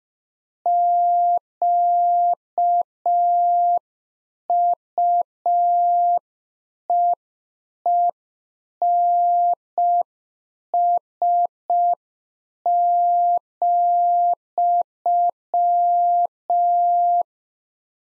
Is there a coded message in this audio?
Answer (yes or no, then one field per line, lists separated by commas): yes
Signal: Morse code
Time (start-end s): 0.7-17.2 s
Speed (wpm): 5 wpm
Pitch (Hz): 700 Hz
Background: none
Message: QUEENS,